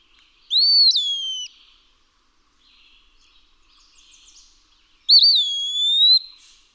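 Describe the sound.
Eastern wood-pewee whistling two phrases about four seconds apart, first a downslurred note, then a wavering note that drifts upward; soft twitters from other birds between them.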